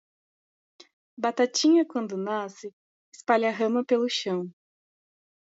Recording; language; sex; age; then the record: short text; Brazilian Portuguese; female; 20 to 29 years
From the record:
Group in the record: control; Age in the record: 23 years